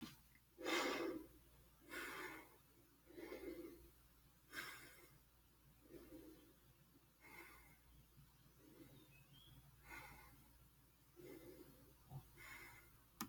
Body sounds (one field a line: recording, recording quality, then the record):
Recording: shallow breathing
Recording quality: excellent, no background noise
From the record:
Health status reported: healthy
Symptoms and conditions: sore throat, asthma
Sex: male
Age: 27 years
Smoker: not ticked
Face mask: not worn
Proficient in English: yes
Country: Canada